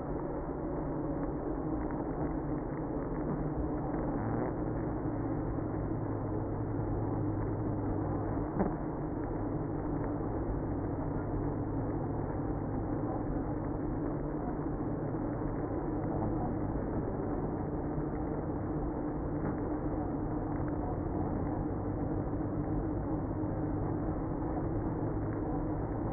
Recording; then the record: honeybee colony, microphone inside the hive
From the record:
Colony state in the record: queenless (queen removed); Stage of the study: after two queens were removed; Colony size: about 60,000 bees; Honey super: yes